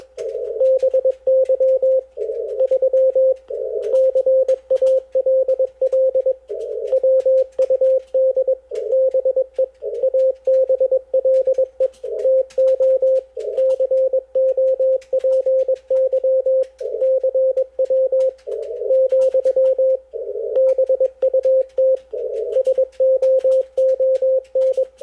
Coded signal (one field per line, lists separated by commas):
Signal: Morse code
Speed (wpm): 21 wpm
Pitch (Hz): 520 Hz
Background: none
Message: BY 3 CALL WUD BE ABLE TO COPY CW , BUT SOON